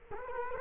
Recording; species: mosquito wingbeat signal from an infrared sensor; Culex quinquefasciatus